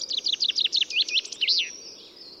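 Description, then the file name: Common chaffinch song: a series of descending notes ending in a final flourish, lasting under two seconds. "Fringilla coelebs"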